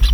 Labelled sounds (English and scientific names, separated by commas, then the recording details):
Brown-throated Parakeet (Eupsittula pertinax) contact call
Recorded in Venezuela
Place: Tumeremo, Edo. Bolívar
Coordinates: 7.209, -61.364